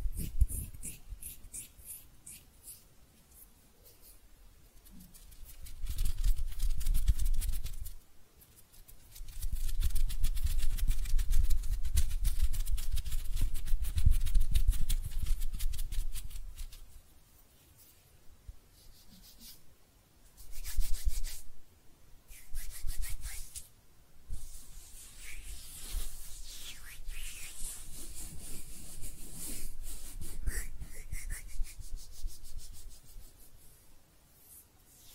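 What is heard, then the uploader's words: Hand sounds with no talking: dry rubbing and brushing, like palms sliding over each other or across a surface. The scratchy texture comes in bursts, with heavier, fuller rubs around 6–8 and 9–16 seconds, short bursts near 21–24 seconds, then steadier, lighter rubbing to the end. ASMR Relaxing Hand Sounds (No Talking).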